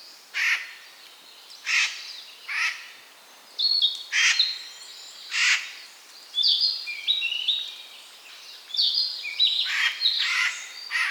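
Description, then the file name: Eurasian jay giving short, grating screeches at irregular intervals, interspersed with clear whistled and warbled phrases. "Garrulus glandarius"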